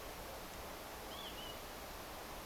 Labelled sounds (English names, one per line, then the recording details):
Northern Lapwing
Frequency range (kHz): Northern Lapwing 2.5-3.6 kHz
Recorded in France